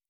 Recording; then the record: hydrophone in a shrimp aquaculture tank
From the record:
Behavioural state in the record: normal